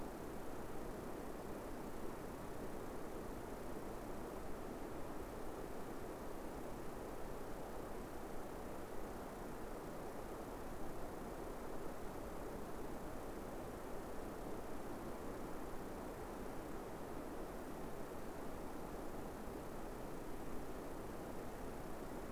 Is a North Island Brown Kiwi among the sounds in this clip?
no